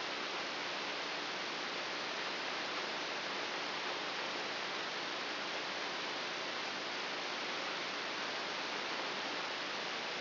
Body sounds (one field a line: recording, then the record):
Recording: brain microelectrode recording played as sound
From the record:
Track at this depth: inside the subthalamic nucleus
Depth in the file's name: 2.204 mm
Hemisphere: right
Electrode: 3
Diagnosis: Parkinson's disease